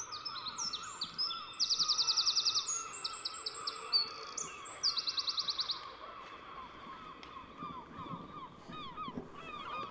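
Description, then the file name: Eurasian wren song: two bursts of high, rapid notes, each with a fast rattling trill. Another bird repeats lower, downslurred notes throughout. "Troglodytes troglodytes"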